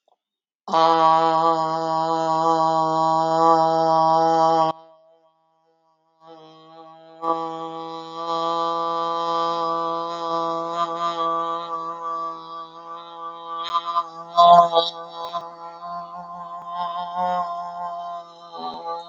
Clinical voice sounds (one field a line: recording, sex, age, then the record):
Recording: vowel held as long as possible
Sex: female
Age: 50 to 59 years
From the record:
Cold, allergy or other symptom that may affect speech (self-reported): no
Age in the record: 52 years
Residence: Illinois, United States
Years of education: 14